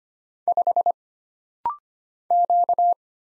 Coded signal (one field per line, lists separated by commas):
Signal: Morse code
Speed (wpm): 25 wpm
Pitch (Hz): 700 Hz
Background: none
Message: 5 Q